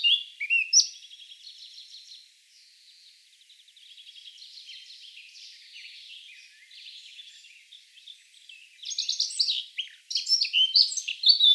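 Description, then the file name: Eurasian blackcap song: a brief loud phrase, then quiet, rambling, scratchy warbling, ending in a strong, rich burst of fluty song. "Sylvia atricapilla"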